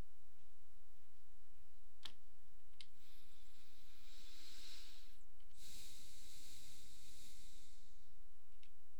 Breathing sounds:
nose breathing near a microphone
2.77-5.42 s: inhalation
5.42-8.57 s: exhalation
From the record:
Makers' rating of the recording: medium

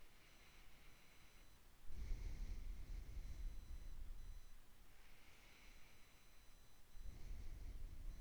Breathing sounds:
nose breathing near a microphone
0.00-1.85 s: inhalation
1.85-4.73 s: exhalation
4.73-7.01 s: inhalation
7.01-8.21 s: exhalation
From the record:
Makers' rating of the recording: medium

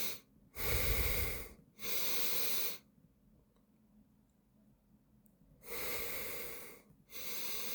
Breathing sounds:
nose breathing near a microphone
0.00-0.27 s: inhalation
0.27-1.47 s: exhalation
1.47-2.87 s: inhalation
5.32-6.77 s: exhalation
6.77-7.75 s: inhalation
From the record:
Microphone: phone

